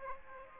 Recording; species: mosquito wingbeat signal from an infrared sensor; Aedes aegypti